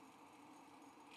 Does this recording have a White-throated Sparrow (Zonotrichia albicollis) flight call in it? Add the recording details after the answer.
no. No flight call is heard. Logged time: 08:50 on 5 December 2014